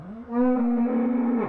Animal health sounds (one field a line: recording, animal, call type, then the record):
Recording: contact call of a hoofed animal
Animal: cattle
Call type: low-frequency (closed-mouth) or high-frequency (open-mouth) call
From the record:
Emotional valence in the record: positive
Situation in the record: physical reunion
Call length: 1.49 s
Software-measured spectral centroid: 730 Hz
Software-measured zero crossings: 620 a second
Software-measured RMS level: -23 dBFS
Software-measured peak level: -11 dBFS